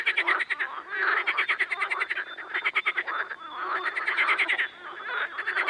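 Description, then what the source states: Amphibians: frogs calling together, buzzy pulsed croaks overlapping. Amphibian ambience.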